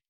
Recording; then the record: hydrophone in a shrimp aquaculture tank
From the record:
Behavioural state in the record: normal